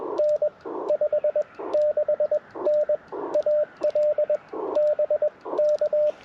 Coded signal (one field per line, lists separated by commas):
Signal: Morse code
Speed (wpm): 21 wpm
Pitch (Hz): 590 Hz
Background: radio noise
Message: N 56N AL BK